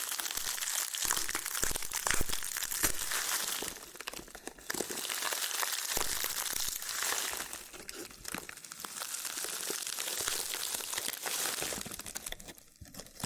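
A loofah is rubbed, peeled and popped in a dense run of crinkly, scratchy crackles, bright and hissy, with sharp pops scattered throughout. The rubbing comes in bursts, easing into quieter patches around four, six to seven and near twelve seconds.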